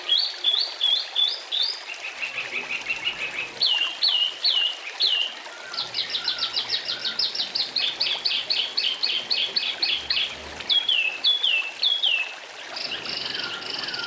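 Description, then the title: Oriental magpie-robin song: a long varied run of rapid repeated whistled and chattering phrases, each series of notes shifting pitch, with a faint trickling background. "Kicau Kacer"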